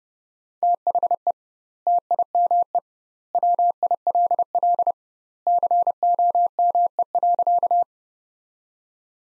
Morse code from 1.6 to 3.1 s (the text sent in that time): TIME